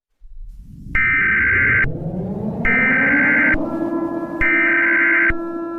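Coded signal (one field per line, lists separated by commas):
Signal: Emergency Alert System (SAME) tones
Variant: header bursts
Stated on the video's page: Fictional EAS scenario, made for entertainment and not for broadcast; tones may be valid.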